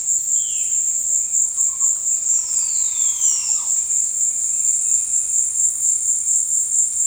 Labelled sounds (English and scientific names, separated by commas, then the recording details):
Violaceous Jay (Cyanocorax violaceus), Crested Oropendola (Psarocolius decumanus)
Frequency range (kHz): Violaceous Jay (Cyanocorax violaceus) 1.6-3.9 kHz
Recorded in dense forest near Puerto Asís, Putumayo, Colombia, on 20 February 2024 at 17:00
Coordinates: 0.472, -76.329
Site G6394